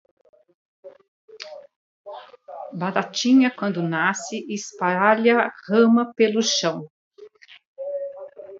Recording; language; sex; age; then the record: short text; Brazilian Portuguese; female; 50 to 59 years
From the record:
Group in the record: control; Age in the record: 59 years